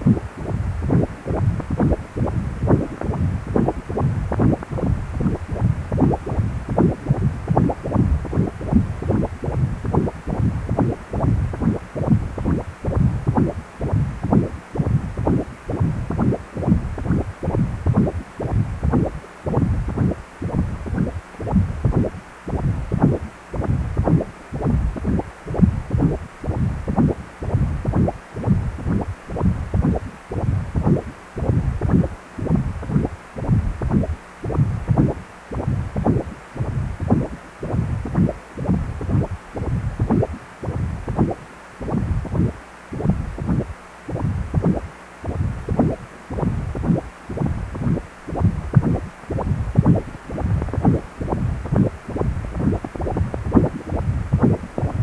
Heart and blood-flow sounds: Doppler ultrasound of blood flow; precordium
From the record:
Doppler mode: continuous wave and pulsed wave in the uncut recording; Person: healthy adult, 18 to 50 years, no heart murmur, not diving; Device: 2.5 MHz transducer

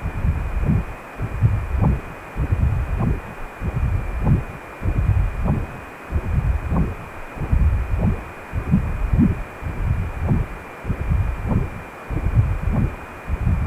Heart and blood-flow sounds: Doppler ultrasound of blood flow; precordium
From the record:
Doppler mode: continuous wave and pulsed wave in the uncut recording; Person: healthy adult, 18 to 50 years, no heart murmur, not diving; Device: 2.5 MHz transducer

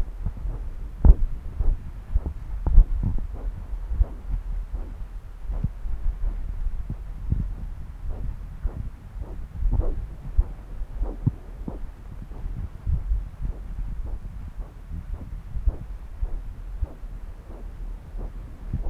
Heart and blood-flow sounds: Doppler ultrasound of blood flow; right subclavian vein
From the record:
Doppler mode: continuous wave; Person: adult scuba diver, at rest before a dive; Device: O'Dive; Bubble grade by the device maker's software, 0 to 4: 0

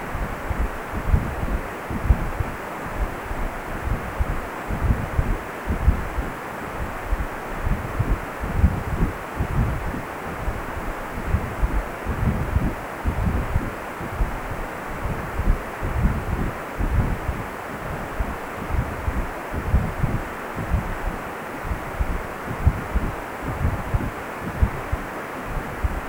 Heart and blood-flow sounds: Doppler ultrasound of blood flow; precordium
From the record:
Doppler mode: continuous wave and pulsed wave in the uncut recording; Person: healthy adult, 18 to 50 years, no heart murmur, not diving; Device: 2.5 MHz transducer

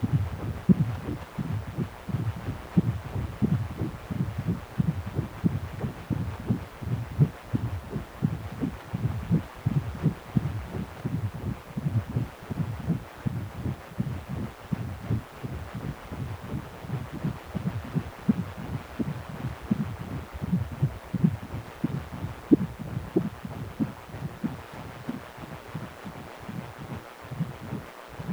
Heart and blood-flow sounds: Doppler ultrasound of blood flow; precordium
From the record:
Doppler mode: continuous wave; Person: healthy adult, 18 to 50 years, no heart murmur, not diving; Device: 2.5 MHz transducer

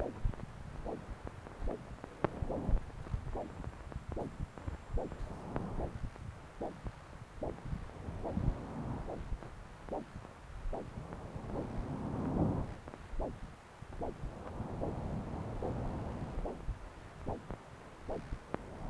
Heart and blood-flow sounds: Doppler ultrasound of blood flow; right subclavian vein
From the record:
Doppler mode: continuous wave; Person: adult scuba diver, at rest before a dive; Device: O'Dive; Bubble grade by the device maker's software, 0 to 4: 0

